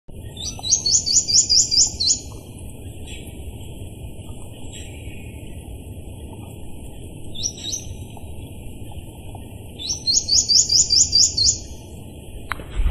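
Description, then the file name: Plain xenops calls: a fast series of high, sharp notes, repeated after a pause, over steady low rumbling background noise. Recorded 1 May 2014 along Ruta 101. "Xenops-minutus--- 2014-05-01-Ruta-101---Jorge-La-Grotteria"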